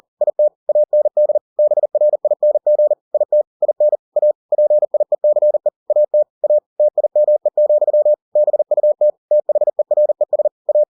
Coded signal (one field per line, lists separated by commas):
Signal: Morse code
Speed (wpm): 40 wpm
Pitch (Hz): 600 Hz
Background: none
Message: IT AND BRING IT IN A PIECE AT A TIME, BUT THERES A